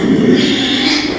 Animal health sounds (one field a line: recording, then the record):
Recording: squeal of a Yucatan mini pig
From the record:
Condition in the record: after surgery on the right vocal fold (resection and tissue-engineered implant)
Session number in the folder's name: 2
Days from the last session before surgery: 13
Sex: male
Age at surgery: 12 weeks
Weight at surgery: 13 kg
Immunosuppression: cyclosporine, prednisolone